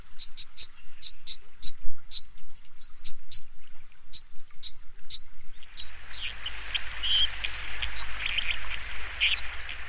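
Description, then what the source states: White-throated Dipper calls: sharp, high, clipped notes in quick runs for about six seconds, then scattered chirps over a rushing, hissing background. Streamlined bird, always near clean water.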